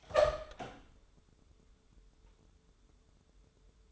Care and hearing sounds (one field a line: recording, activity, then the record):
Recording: daily activity, microphone in the room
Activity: open door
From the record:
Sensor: 3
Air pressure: 1015.1 hPa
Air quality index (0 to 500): 181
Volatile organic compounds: 17 ppm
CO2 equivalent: 2595 ppm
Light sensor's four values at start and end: 15/40/16/17 and 16/40/16/17